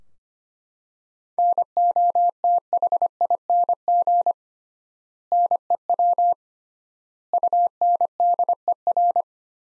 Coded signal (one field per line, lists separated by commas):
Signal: Morse code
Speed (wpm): 25 wpm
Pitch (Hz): 700 Hz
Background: none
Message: NOTHING NEW UNDER